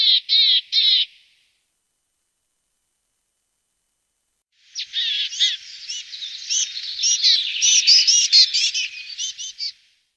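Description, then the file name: Willow tit giving harsh, buzzy repeated call notes, a short series at the start, then after a silence a longer, denser run of scratchy notes. "Weidenmeise"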